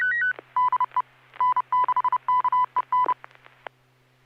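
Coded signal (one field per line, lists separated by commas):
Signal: Morse code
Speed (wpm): 30 wpm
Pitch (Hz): 1000 Hz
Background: music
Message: DE N6KEN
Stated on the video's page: SSTV net on a 441.300 MHz FM repeater, Sacramento, CA, sent with MMSSTV.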